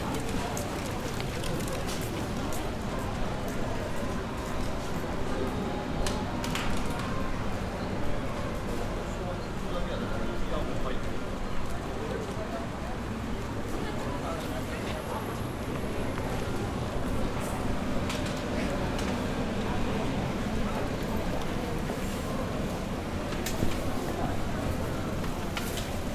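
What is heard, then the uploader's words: Nishiki Market in Kyoto: a steady, dense murmur of many voices, with occasional brief clinks and clatters scattered throughout. Nishiki Market (錦市場), Kyoto, Japan.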